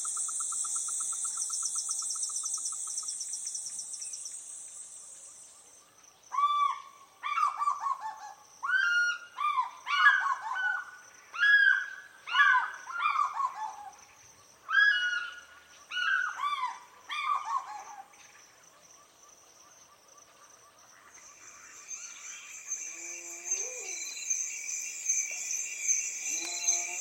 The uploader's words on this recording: African Wild West is a collection of ambiences recorded in 2017 in Senegal. It covers a variety of environments, from tropical forest to dry savanna and from desert oasis to mangrove forest.